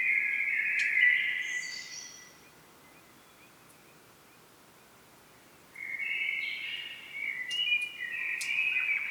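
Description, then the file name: Common blackbird fluty warbling at the start with a high thin flourish, then several seconds of quiet, followed by another rich warbled phrase. "Turdus merula"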